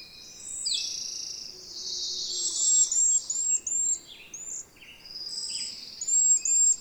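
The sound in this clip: Bird song made of high, fast twittering trills and sharp downslurred whistles, coming in quick repeated bursts with a faint hiss behind.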